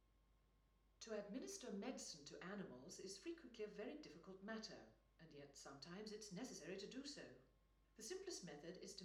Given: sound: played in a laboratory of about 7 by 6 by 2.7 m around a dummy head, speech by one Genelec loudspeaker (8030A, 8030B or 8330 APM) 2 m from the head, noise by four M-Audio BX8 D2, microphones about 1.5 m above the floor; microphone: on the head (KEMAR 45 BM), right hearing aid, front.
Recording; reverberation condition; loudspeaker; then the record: female speech in English; medium; 60 degrees to the right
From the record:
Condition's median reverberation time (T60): about 510 ms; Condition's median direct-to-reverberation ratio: about -0.5 dB